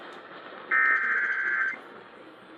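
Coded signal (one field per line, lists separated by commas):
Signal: Emergency Alert System (SAME) tones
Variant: header bursts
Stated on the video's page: Severe thunderstorm warning relayed on an AM broadcast station.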